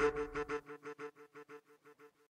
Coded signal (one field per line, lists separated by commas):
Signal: none